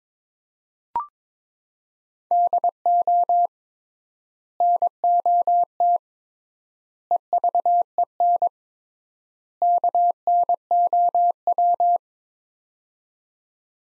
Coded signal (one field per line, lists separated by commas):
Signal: Morse code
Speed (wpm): 22 wpm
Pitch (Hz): 700 Hz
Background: none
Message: DO NOT EVEN KNOW